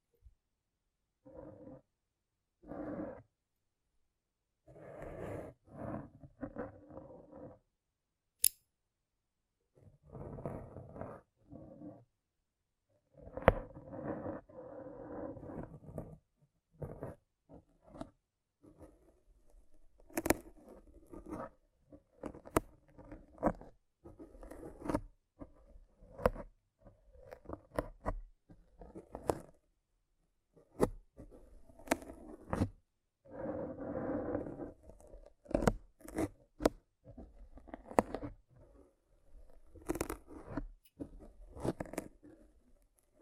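Rough brain cleaning and picking: irregular bursts of wet, squelching scraping and tearing, short and clustered with brief silences between. Sharp clicks and snaps cut through at times, including a crisp crack near eight seconds, and the activity grows busier and denser after twenty seconds.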